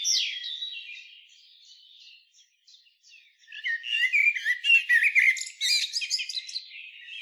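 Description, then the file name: Common blackbird call: a loud squeaky note, then a quiet gap, then a dense burst of high twittering and chattering notes that trails off. "Turdus merula"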